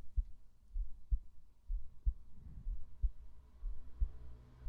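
An adult woman's own heartbeat, heard with a microphone on her chest. Normal heartbeat, steady at about 60 beats per minute.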